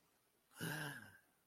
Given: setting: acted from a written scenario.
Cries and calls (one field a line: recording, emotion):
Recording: vocal sound without words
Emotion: positive surprise